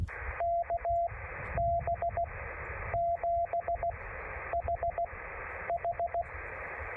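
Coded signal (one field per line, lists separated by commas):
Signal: Morse code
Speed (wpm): 16 wpm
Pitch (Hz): 680 Hz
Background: radio noise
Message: K B 7 H H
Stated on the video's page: Morse sent on a Putikeeg straight key during a SOTA activation.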